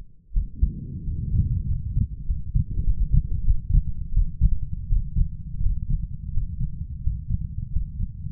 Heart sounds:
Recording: heart sounds by stethoscope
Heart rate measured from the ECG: 89 bpm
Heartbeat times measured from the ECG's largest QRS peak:
0.33 s: heartbeat
1.04 s: heartbeat
1.67 s: heartbeat
2.26 s: heartbeat
2.84 s: heartbeat
3.45 s: heartbeat
4.14 s: heartbeat
4.89 s: heartbeat
5.62 s: heartbeat
6.33 s: heartbeat
7.03 s: heartbeat
7.72 s: heartbeat
From the record:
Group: healthy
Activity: Valsalva maneuver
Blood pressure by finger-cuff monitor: 121/72 mmHg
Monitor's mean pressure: 88 mmHg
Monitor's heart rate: 84 bpm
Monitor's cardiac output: 6.1 L/min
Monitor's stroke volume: 70 mL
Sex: male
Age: 22 years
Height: 181 cm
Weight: 60 kg

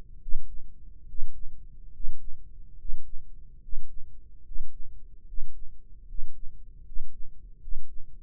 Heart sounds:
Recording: heart sounds by microphone in the right ear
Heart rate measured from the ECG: 73 bpm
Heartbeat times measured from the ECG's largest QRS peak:
0.19 s: heartbeat
1.05 s: heartbeat
1.90 s: heartbeat
2.75 s: heartbeat
3.58 s: heartbeat
4.41 s: heartbeat
5.23 s: heartbeat
6.04 s: heartbeat
6.82 s: heartbeat
7.57 s: heartbeat
From the record:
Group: healthy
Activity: breath hold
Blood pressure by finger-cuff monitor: 116/68 mmHg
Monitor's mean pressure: 78 mmHg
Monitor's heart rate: 71 bpm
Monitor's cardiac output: 6.2 L/min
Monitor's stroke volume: 86 mL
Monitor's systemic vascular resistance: 1060 dyn s/cm5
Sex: male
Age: 21 years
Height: 180 cm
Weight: 67.5 kg

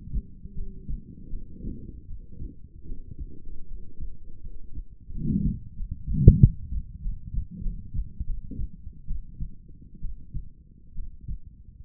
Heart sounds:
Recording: heart sounds by stethoscope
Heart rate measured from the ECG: 81 bpm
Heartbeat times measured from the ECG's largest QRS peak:
0.53 s: heartbeat
1.28 s: heartbeat
2.05 s: heartbeat
2.84 s: heartbeat
3.66 s: heartbeat
4.41 s: heartbeat
5.10 s: heartbeat
5.75 s: heartbeat
6.39 s: heartbeat
7.00 s: heartbeat
7.61 s: heartbeat
8.25 s: heartbeat
9.06 s: heartbeat
10.00 s: heartbeat
10.93 s: heartbeat
From the record:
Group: healthy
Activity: rest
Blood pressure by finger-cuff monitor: 120/69 mmHg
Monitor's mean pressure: 85 mmHg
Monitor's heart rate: 79 bpm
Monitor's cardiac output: 7.1 L/min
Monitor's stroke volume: 90 mL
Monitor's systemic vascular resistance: 850 dyn s/cm5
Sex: female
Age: 23 years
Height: 160 cm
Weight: 50.4 kg

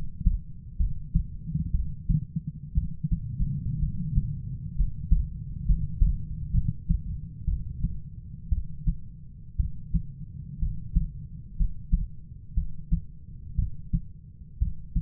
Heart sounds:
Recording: heart sounds by stethoscope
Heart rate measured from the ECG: 61 bpm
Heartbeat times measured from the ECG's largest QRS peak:
0.77 s: heartbeat
1.71 s: heartbeat
2.74 s: heartbeat
3.79 s: heartbeat
4.75 s: heartbeat
5.65 s: heartbeat
6.51 s: heartbeat
7.45 s: heartbeat
8.49 s: heartbeat
9.56 s: heartbeat
10.59 s: heartbeat
11.56 s: heartbeat
12.54 s: heartbeat
13.55 s: heartbeat
14.59 s: heartbeat
From the record:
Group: healthy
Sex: female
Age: 37 years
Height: 168 cm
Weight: 70 kg

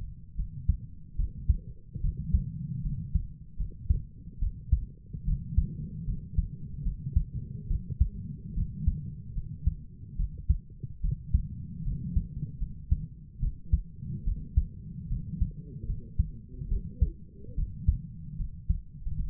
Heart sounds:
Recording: heart sounds by stethoscope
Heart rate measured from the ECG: 73 bpm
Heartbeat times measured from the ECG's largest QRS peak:
0.37 s: heartbeat
1.17 s: heartbeat
2.02 s: heartbeat
2.83 s: heartbeat
3.58 s: heartbeat
4.40 s: heartbeat
5.25 s: heartbeat
6.06 s: heartbeat
6.84 s: heartbeat
7.68 s: heartbeat
8.55 s: heartbeat
9.35 s: heartbeat
10.17 s: heartbeat
11.02 s: heartbeat
11.84 s: heartbeat
12.60 s: heartbeat
13.40 s: heartbeat
14.25 s: heartbeat
15.09 s: heartbeat
15.87 s: heartbeat
16.69 s: heartbeat
17.56 s: heartbeat
18.38 s: heartbeat
19.17 s: heartbeat
From the record:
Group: healthy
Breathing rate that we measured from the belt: 20 breaths a minute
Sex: female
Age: 22 years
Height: 160 cm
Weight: 63 kg

